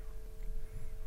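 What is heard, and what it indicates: A steady low-frequency room or device hum, an example of how some tinnitus is experienced; such a hum can be very bothersome and typically indicates a low-frequency hearing loss.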